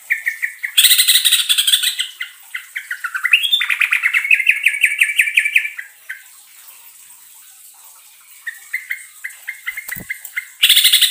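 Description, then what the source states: Yellow-vented Bulbul song: bubbly warbled phrases with a long rolling stretch in the middle, then a quiet pause and sparse notes; loud harsh bursts near the start and end. Trucukan song in the ropelan style, with a long roll (ngerol panjang).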